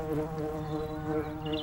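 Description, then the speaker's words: Honey bee buzzing: a steady, low droning hum with layered tones holding throughout. Bees in a flowering meadow, landing on flowers and drinking nectar with their tongues, later made into honey. "Est-ce que tu entends les abeilles bourdonner?"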